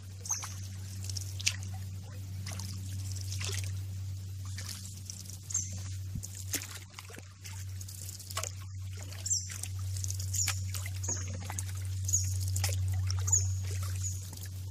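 A canoe drifts on a lazy river, with a steady low hum running underneath throughout. Small splashes, drips and knocks of water against the hull come irregularly every second or so, and a high faint chirping stays in the background.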